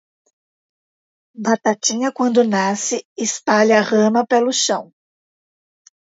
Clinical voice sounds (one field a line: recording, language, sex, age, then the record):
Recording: short text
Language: Brazilian Portuguese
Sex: female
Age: 50 to 59 years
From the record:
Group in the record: control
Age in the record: 54 years